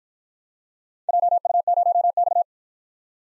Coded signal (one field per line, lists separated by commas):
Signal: Morse code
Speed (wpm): 51 wpm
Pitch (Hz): 700 Hz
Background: none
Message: JU0X